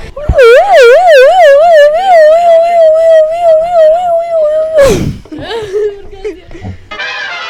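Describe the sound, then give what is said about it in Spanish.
A voice imitates a police siren, wailing in quick rising and falling loops that settle into a long steady tone before dropping off, followed by a burst of breath and scattered vocal sounds. “Hola, buenas tardes, necesito una patrulla.”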